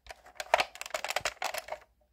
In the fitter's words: and it it clicked in there unfortunately you can't really hear it but if you do it again